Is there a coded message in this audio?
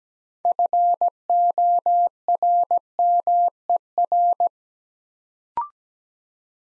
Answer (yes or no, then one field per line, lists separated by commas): yes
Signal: Morse code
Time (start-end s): 0.5-4.5 s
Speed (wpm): 17 wpm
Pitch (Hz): 700 Hz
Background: none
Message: FORMER